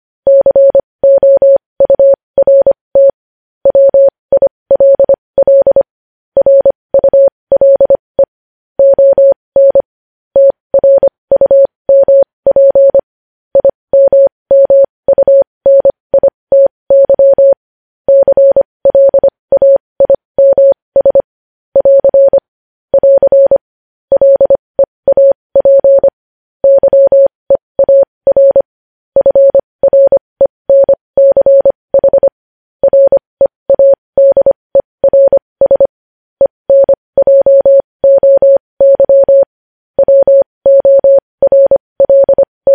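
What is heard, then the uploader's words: Morse code sent as a single steady beeping tone, mid-pitched and clean, keyed on and off in rapid groups of short and long beeps with brief pauses between letters and words. The sending runs continuously for the whole stretch over a silent background. Morse code.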